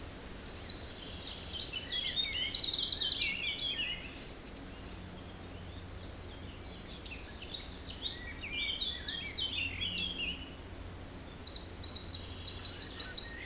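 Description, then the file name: Birds trill and twitter loudly at first, fall to quiet scattered calls, then return with bright high trilled phrases near the end. Forest in spring; windy, force 3 Beaufort; recorded at 1 pm. "Forest Spring Birds Windy 3 bft 1 pm"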